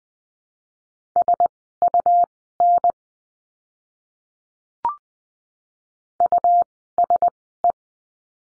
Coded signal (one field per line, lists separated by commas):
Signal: Morse code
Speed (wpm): 20 wpm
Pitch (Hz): 700 Hz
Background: none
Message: SUN USE